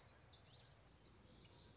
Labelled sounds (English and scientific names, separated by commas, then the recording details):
Common Yellowthroat (Geothlypis trichas)
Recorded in Sonoma County, California